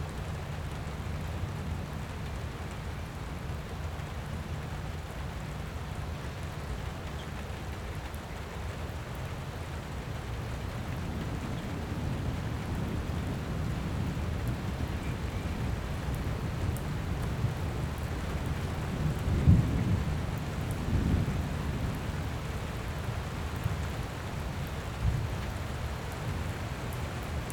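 Light rain falls steadily, a soft even hiss spread across the whole clip. A low rumble underneath swells from about ten seconds on, with a brief sharp knock near nineteen seconds and a few faint ticks of drops scattered throughout.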